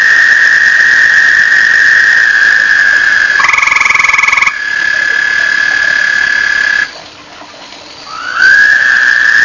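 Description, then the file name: Toads trilling: a sustained high trill, then another toad's rapid pulsed double-toned trill, then a steady trill alone until a short quiet gap, then a fresh trill sweeps upward and holds. Recorded 1 May 2007. "batesline. 20070501 toads"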